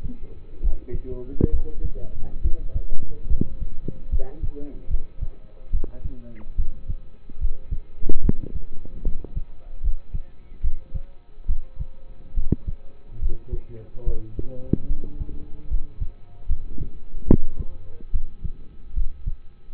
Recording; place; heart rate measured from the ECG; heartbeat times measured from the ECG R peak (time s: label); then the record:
heart sounds by stethoscope; between the tricuspid and mitral areas; 72 bpm
0.61 s: heartbeat
1.51 s: heartbeat
2.42 s: heartbeat
3.28 s: heartbeat
4.10 s: heartbeat
4.88 s: heartbeat
5.71 s: heartbeat
6.56 s: heartbeat
7.39 s: heartbeat
8.22 s: heartbeat
9.03 s: heartbeat
9.81 s: heartbeat
10.61 s: heartbeat
11.47 s: heartbeat
12.34 s: heartbeat
13.19 s: heartbeat
14.04 s: heartbeat
14.87 s: heartbeat
15.68 s: heartbeat
16.47 s: heartbeat
17.26 s: heartbeat
18.11 s: heartbeat
18.94 s: heartbeat
From the record:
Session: rest, lying down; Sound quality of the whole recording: partially saturated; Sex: male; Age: 27 years